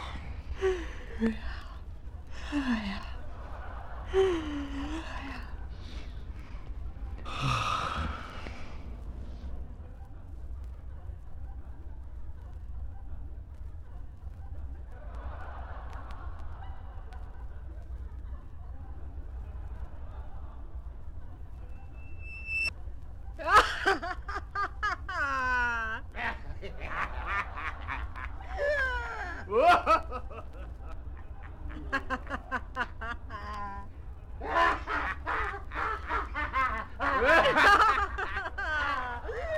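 Laughter in a theatre comes in bursts: a few short chuckles and gasps in the opening seconds, then a hushed stretch with faint murmuring. From about 23 seconds, louder, denser waves of laughter roll in repeatedly until the end, over a low steady hum.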